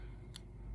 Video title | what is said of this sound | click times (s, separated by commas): TRM Neutron 2 (Three Rivers Manufacturing NEWTron) | you can just hear it pop but i don't mind that at all | 0.4 s